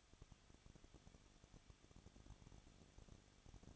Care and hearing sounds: daily activity, microphone in the room; no activity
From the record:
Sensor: 4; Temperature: 23.1 degrees Celsius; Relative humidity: 34.3%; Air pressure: 1007.2 hPa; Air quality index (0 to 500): 216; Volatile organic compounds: 15 ppm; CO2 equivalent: 2499 ppm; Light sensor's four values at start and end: 2/3/1/1 and 2/3/1/1

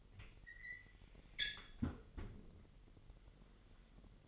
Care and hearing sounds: daily activity, microphone in the room; close fridge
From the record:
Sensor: 4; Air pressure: 1002.8 hPa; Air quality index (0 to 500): 246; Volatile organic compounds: 18 ppm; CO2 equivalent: 2628 ppm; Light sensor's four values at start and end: 4/9/3/4 and 4/10/3/4

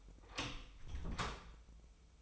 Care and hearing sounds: daily activity, microphone in the room; open door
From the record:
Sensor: 1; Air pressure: 996.1 hPa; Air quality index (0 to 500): 48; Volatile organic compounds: 2 ppm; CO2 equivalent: 1047 ppm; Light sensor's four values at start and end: 14/32/14/15 and 14/32/14/15

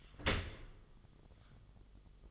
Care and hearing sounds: daily activity, microphone in the room; open dishwasher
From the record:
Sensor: 4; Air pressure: 1005.5 hPa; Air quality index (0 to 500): 114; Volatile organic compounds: 3 ppm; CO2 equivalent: 1420 ppm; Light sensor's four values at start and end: 11/26/10/10 and 11/25/10/10

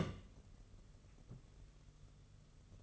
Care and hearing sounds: daily activity, microphone in the room; place on stove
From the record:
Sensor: 4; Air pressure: 995.3 hPa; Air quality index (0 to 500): 214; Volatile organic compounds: 245 ppm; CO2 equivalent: 4348 ppm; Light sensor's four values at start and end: 24/76/29/31 and 24/76/29/31

